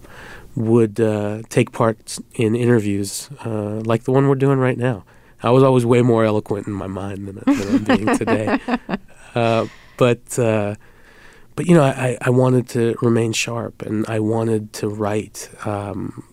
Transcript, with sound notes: would take part in interviews like the one we're doing right now. I was always way more eloquent in my mind than I'm being today.
(Laughter).
But, you know, I wanted to remain sharp. And I wanted to write,